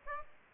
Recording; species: mosquito wingbeat signal from an infrared sensor; Aedes aegypti